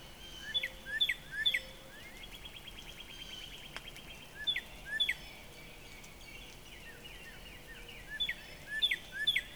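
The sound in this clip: Northern Cardinal song: loud whistled notes slurring downward, given in pairs and short bursts, with a thin rapid trill and steady background hiss.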